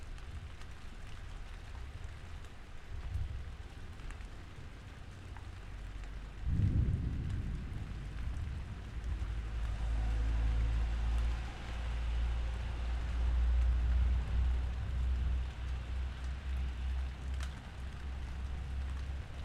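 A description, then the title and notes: Steady rain patters and clatters against wooden shutters, a dense hiss running through the whole recording. Just before seven seconds a deep roll of thunder swells, and low rumbling continues heavily from about ten seconds onward, grumbling and fading toward the end. A huge thunderstorm passes overheard at 5.00am in northern Italy - this recording is made from an open patio door directly out into the storm. Pouring rain clatters against the wooden shutters, while cracks of thunder rumble ominously and break overhead. Recorded by Cities and Memory. The 5.00am thunderstorm.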